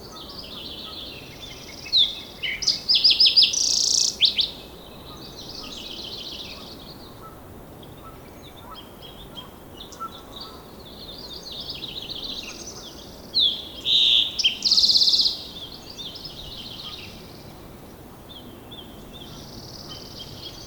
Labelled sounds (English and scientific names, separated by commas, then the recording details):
Green-tailed Towhee (Pipilo chlorurus) song
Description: Green-tailed Towhee song recorded at the Alluvial Fan in Rocky Mountain National Park
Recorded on 19 May 2016